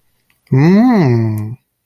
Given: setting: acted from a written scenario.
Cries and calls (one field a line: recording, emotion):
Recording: vocal sound without words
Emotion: realization